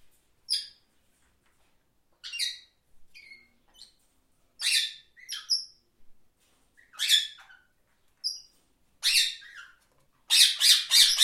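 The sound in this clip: Parrot mix of short raspy squawks and brief whistled notes, spaced irregularly, ending in a loud rapid run of harsh squawks.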